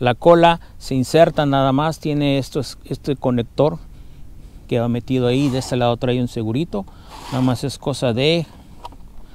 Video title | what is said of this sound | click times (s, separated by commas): FLYWING FW450L V3, UMBOXING Y PRIMER VUELO Y LE INSTALE UNA CAMARA FPV | hasta que haga clic y | 8.9 s